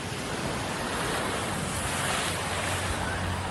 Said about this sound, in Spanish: Es la impresionante riada que ayer colapsó Zaragoza después de una tormenta histórica. Muchos conductores se vieron atrapados por el agua y tuvieron que refugiarse, como ven, dentro de sus coches, subidos al capó, incluso subiendo a los árboles.